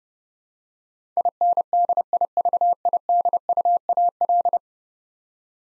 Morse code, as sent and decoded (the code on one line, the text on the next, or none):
.. -. -.. .. ...- .. -.. ..- .- .-..
INDIVIDUAL